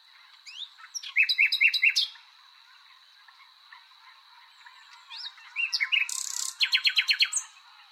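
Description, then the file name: Common nightingale song: a run of repeated chirps, a pause, then varied upslurred notes and a fast series of repeated clicks, over a faint steady high hiss. "Luscinia megarhynchos"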